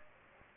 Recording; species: mosquito wingbeat signal from an infrared sensor; Anopheles gambiae